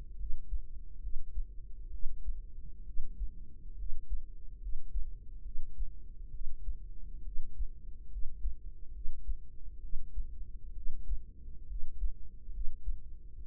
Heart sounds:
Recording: heart sounds by microphone in the right ear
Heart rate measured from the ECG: 68 bpm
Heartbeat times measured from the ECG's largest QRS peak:
0.15 s: heartbeat
0.99 s: heartbeat
1.89 s: heartbeat
2.83 s: heartbeat
3.75 s: heartbeat
4.58 s: heartbeat
5.41 s: heartbeat
6.30 s: heartbeat
7.22 s: heartbeat
8.08 s: heartbeat
8.91 s: heartbeat
9.79 s: heartbeat
10.72 s: heartbeat
11.65 s: heartbeat
12.50 s: heartbeat
13.35 s: heartbeat
From the record:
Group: healthy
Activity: cold pressor test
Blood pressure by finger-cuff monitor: 100/66 mmHg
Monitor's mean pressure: 77 mmHg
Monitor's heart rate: 68 bpm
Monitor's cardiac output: 5.4 L/min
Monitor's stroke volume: 79 mL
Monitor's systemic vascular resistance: 1020 dyn s/cm5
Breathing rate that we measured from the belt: 15 breaths a minute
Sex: female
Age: 23 years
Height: 160 cm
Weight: 50.4 kg

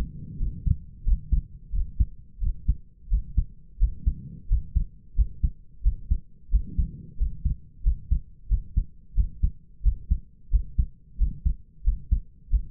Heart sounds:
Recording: heart sounds by stethoscope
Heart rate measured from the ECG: 89 bpm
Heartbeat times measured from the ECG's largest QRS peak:
0.38 s: heartbeat
1.04 s: heartbeat
1.72 s: heartbeat
2.40 s: heartbeat
3.10 s: heartbeat
3.79 s: heartbeat
4.48 s: heartbeat
5.16 s: heartbeat
5.83 s: heartbeat
6.51 s: heartbeat
7.18 s: heartbeat
7.83 s: heartbeat
8.48 s: heartbeat
9.15 s: heartbeat
9.83 s: heartbeat
10.50 s: heartbeat
11.18 s: heartbeat
11.84 s: heartbeat
12.50 s: heartbeat
From the record:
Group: healthy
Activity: rest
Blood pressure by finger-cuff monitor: 97/58 mmHg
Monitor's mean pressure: 69 mmHg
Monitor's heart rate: 89 bpm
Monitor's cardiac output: 6.9 L/min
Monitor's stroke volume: 79 mL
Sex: male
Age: 22 years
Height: 181 cm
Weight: 60 kg

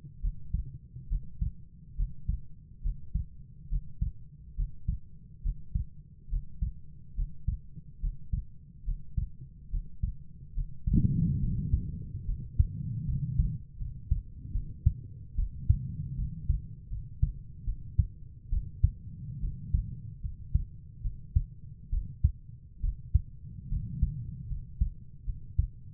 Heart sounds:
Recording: heart sounds by stethoscope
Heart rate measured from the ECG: 72 bpm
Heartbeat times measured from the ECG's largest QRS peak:
0.21 s: heartbeat
1.09 s: heartbeat
1.96 s: heartbeat
2.82 s: heartbeat
3.69 s: heartbeat
4.56 s: heartbeat
5.43 s: heartbeat
6.30 s: heartbeat
7.16 s: heartbeat
8.01 s: heartbeat
8.85 s: heartbeat
9.70 s: heartbeat
10.54 s: heartbeat
11.40 s: heartbeat
12.26 s: heartbeat
13.06 s: heartbeat
13.78 s: heartbeat
14.53 s: heartbeat
15.36 s: heartbeat
16.16 s: heartbeat
16.90 s: heartbeat
17.65 s: heartbeat
18.50 s: heartbeat
19.41 s: heartbeat
20.22 s: heartbeat
21.03 s: heartbeat
21.91 s: heartbeat
22.82 s: heartbeat
23.70 s: heartbeat
24.49 s: heartbeat
25.26 s: heartbeat
From the record:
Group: healthy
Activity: Valsalva maneuver 0-13 s, rest 13-26 s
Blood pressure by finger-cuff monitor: 116/60 mmHg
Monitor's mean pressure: 77 mmHg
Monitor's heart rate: 70 bpm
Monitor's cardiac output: 6.7 L/min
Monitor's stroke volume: 94 mL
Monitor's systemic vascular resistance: 830 dyn s/cm5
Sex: female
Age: 22 years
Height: 160 cm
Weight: 63 kg

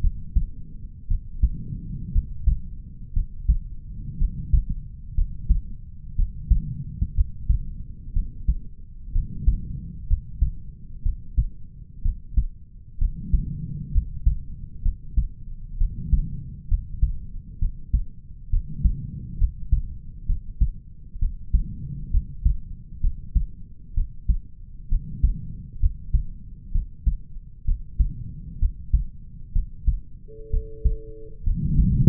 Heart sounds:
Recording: heart sounds by stethoscope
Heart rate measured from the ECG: 63 bpm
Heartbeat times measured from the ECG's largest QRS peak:
0.01 s: heartbeat
1.08 s: heartbeat
2.13 s: heartbeat
3.14 s: heartbeat
4.19 s: heartbeat
5.15 s: heartbeat
6.16 s: heartbeat
7.15 s: heartbeat
8.14 s: heartbeat
9.13 s: heartbeat
10.08 s: heartbeat
11.03 s: heartbeat
12.03 s: heartbeat
12.99 s: heartbeat
13.92 s: heartbeat
14.83 s: heartbeat
15.78 s: heartbeat
16.68 s: heartbeat
17.59 s: heartbeat
18.50 s: heartbeat
19.38 s: heartbeat
20.27 s: heartbeat
21.19 s: heartbeat
22.11 s: heartbeat
23.01 s: heartbeat
23.95 s: heartbeat
24.89 s: heartbeat
25.80 s: heartbeat
26.72 s: heartbeat
27.65 s: heartbeat
28.59 s: heartbeat
29.53 s: heartbeat
30.51 s: heartbeat
31.44 s: heartbeat
From the record:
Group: healthy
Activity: rest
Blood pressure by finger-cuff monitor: 103/79 mmHg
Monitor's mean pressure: 87 mmHg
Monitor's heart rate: 63 bpm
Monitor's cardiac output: 4.6 L/min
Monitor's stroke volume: 73 mL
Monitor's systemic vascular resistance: 1370 dyn s/cm5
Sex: male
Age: 20 years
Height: 187 cm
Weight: 68.9 kg

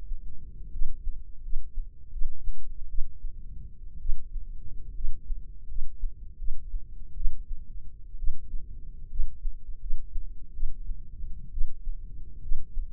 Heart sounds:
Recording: heart sounds by microphone in the left ear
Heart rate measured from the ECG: 72 bpm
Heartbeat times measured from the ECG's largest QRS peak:
0.71 s: heartbeat
1.42 s: heartbeat
2.11 s: heartbeat
2.88 s: heartbeat
4.00 s: heartbeat
4.94 s: heartbeat
5.67 s: heartbeat
6.37 s: heartbeat
7.15 s: heartbeat
8.17 s: heartbeat
9.09 s: heartbeat
9.79 s: heartbeat
10.53 s: heartbeat
11.51 s: heartbeat
12.41 s: heartbeat
From the record:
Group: healthy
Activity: rest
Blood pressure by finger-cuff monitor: 109/67 mmHg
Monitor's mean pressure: 81 mmHg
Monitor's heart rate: 79 bpm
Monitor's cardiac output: 6.5 L/min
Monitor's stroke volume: 89 mL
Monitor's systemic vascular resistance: 900 dyn s/cm5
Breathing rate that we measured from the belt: 16 breaths a minute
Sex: female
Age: 22 years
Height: 157 cm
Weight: 47.6 kg

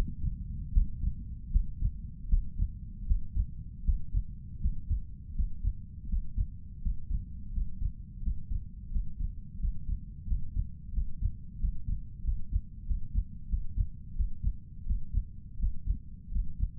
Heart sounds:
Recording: heart sounds by stethoscope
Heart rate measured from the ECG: 85 bpm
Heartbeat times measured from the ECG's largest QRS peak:
0.72 s: heartbeat
1.51 s: heartbeat
2.28 s: heartbeat
3.06 s: heartbeat
3.83 s: heartbeat
4.60 s: heartbeat
5.34 s: heartbeat
6.08 s: heartbeat
6.81 s: heartbeat
7.51 s: heartbeat
8.21 s: heartbeat
8.90 s: heartbeat
9.59 s: heartbeat
10.26 s: heartbeat
10.92 s: heartbeat
11.59 s: heartbeat
12.23 s: heartbeat
12.86 s: heartbeat
13.48 s: heartbeat
14.15 s: heartbeat
14.85 s: heartbeat
15.58 s: heartbeat
16.31 s: heartbeat
From the record:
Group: healthy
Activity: breath hold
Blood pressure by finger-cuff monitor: 115/66 mmHg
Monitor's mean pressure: 76 mmHg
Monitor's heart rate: 82 bpm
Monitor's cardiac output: 7.3 L/min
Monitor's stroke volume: 88 mL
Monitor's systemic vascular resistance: 760 dyn s/cm5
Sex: male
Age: 23 years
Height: 179 cm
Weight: 87 kg

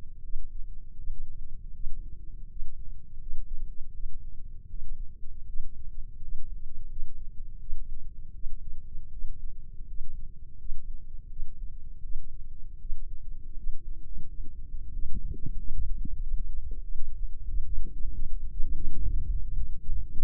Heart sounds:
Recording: heart sounds by microphone in the left ear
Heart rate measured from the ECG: 85 bpm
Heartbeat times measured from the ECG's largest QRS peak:
0.21 s: heartbeat
0.95 s: heartbeat
1.72 s: heartbeat
2.46 s: heartbeat
3.17 s: heartbeat
3.91 s: heartbeat
4.67 s: heartbeat
5.45 s: heartbeat
6.18 s: heartbeat
6.87 s: heartbeat
7.58 s: heartbeat
8.32 s: heartbeat
9.09 s: heartbeat
9.85 s: heartbeat
10.56 s: heartbeat
11.27 s: heartbeat
12.01 s: heartbeat
12.77 s: heartbeat
13.54 s: heartbeat
14.25 s: heartbeat
14.90 s: heartbeat
15.55 s: heartbeat
16.19 s: heartbeat
16.81 s: heartbeat
17.46 s: heartbeat
18.10 s: heartbeat
18.73 s: heartbeat
19.39 s: heartbeat
20.08 s: heartbeat
From the record:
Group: healthy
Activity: rest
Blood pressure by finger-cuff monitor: 119/70 mmHg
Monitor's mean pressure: 88 mmHg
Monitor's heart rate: 84 bpm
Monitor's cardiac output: 7 L/min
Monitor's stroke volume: 85 mL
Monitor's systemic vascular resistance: 910 dyn s/cm5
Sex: female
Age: 24 years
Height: 163 cm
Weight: 55.7 kg

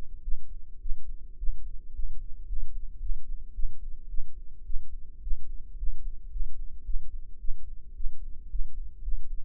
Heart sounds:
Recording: heart sounds by microphone in the right ear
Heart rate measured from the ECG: 109 bpm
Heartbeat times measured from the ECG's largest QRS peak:
0.22 s: heartbeat
0.80 s: heartbeat
1.38 s: heartbeat
1.93 s: heartbeat
2.47 s: heartbeat
3.00 s: heartbeat
3.54 s: heartbeat
4.08 s: heartbeat
4.64 s: heartbeat
5.21 s: heartbeat
5.77 s: heartbeat
6.31 s: heartbeat
6.84 s: heartbeat
7.39 s: heartbeat
7.95 s: heartbeat
8.49 s: heartbeat
9.02 s: heartbeat
From the record:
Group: healthy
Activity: rest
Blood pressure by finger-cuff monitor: 126/74 mmHg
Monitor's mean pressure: 89 mmHg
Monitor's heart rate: 109 bpm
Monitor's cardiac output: 9 L/min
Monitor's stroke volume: 83 mL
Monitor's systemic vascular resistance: 720 dyn s/cm5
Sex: female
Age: 19 years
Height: 163 cm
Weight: 51 kg

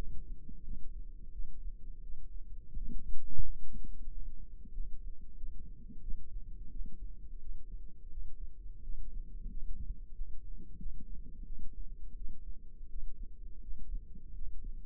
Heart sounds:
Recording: heart sounds by microphone in the left ear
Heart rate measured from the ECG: 88 bpm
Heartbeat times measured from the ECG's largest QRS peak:
0.61 s: heartbeat
1.30 s: heartbeat
2.00 s: heartbeat
2.73 s: heartbeat
3.41 s: heartbeat
4.07 s: heartbeat
4.71 s: heartbeat
5.34 s: heartbeat
5.99 s: heartbeat
6.68 s: heartbeat
7.37 s: heartbeat
8.08 s: heartbeat
8.80 s: heartbeat
9.47 s: heartbeat
10.12 s: heartbeat
10.76 s: heartbeat
11.43 s: heartbeat
12.13 s: heartbeat
12.86 s: heartbeat
13.59 s: heartbeat
14.32 s: heartbeat
From the record:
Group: healthy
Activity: rest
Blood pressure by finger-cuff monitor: 104/55 mmHg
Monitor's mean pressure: 71 mmHg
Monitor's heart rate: 87 bpm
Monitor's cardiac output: 7.7 L/min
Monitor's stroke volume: 88 mL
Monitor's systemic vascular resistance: 660 dyn s/cm5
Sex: female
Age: 26 years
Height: 165 cm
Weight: 55 kg

